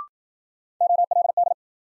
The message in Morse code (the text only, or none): OLD